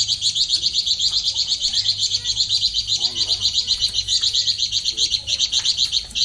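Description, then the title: Streaked spiderhunter singing a continuous rapid chatter of high, evenly spaced chips, rolling on without a break for the whole stretch. Clear, long, lively song used as tutor material for training cage birds. "Pijantung Gunung Gacor Jernih Panjang"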